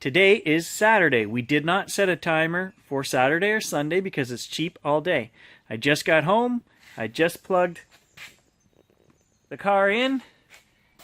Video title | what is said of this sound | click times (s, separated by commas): Mitsubishi Outlander PHEV - New Experiment For This Month | it's not charging the car didn't click as soon as I pushed it in the | none